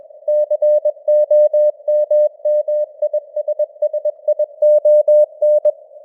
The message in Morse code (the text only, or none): COMMISSION